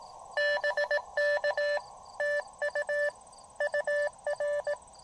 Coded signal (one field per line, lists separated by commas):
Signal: Morse code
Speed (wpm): 17 wpm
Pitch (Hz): 600 Hz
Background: none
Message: BK TU UR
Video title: Roadside POTA shack on the Blue Ridge Parkway with amazing views